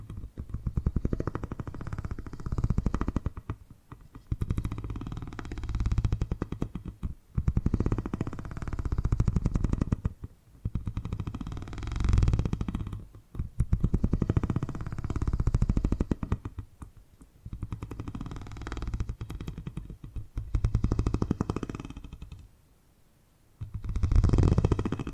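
Purring triggers come in low, rumbling bursts, each a few seconds long, separated by short quiet gaps. The sound is a dense, fluttering buzz heavy in the bass with a faint airy hiss above, rising and falling in loudness from burst to burst.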